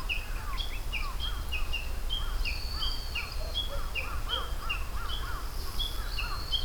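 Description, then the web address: Japanese bush warbler giving quick, evenly repeated falling notes in a steady series, other birds chirping lower down, and a constant low rumble. "atelier sound 140324 uguisu"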